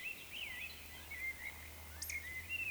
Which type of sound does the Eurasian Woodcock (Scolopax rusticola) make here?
whistle, croak